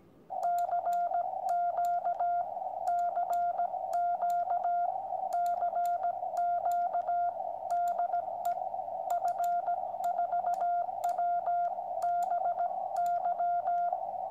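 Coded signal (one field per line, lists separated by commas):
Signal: Morse code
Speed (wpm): 17 wpm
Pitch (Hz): 700 Hz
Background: radio noise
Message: CQ CQ CQ DE F4WBY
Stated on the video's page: QCX QRP CW transceiver kit making a contact with England.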